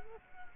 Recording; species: mosquito wingbeat signal from an infrared sensor; Culex quinquefasciatus